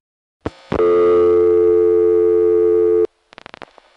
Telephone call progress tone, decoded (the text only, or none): dial tone